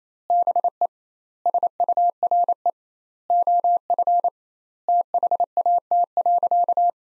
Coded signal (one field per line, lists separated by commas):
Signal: Morse code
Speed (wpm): 28 wpm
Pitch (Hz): 700 Hz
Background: none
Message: BE SURE OF THAT.